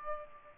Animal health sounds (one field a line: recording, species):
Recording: mosquito wingbeat signal from an infrared sensor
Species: Aedes aegypti